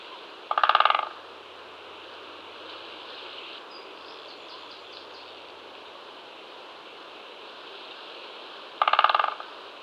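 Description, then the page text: Great spotted woodpecker drumming: two brief rapid rolls of taps about eight seconds apart, separated by steady background hiss. "Great Spotted Woodpecker Drum. Quick Sounds"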